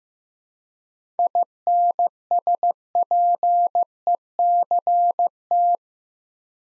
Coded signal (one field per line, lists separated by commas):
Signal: Morse code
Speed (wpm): 15 wpm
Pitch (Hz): 700 Hz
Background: none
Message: INSPECT